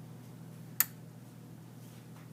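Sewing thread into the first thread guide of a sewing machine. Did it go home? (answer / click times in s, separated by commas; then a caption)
yes / 0.8 s. Thread held taut is pulled under the first thread guide of a Janome Memory Craft sewing machine and snaps into place with a sharp click at 0.8 s, confirming it was threaded successfully. Otherwise only a low steady hum is heard.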